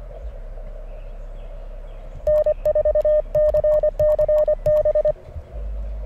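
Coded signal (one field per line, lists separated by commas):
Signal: Morse code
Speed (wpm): 23 wpm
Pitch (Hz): 610 Hz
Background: none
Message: N4CCB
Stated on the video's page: CW contest worked from a park with a battery-powered Mountain Topper MTR-5B, a SOTABEAMS dipole and a palm mini paddle, reaching distant stations.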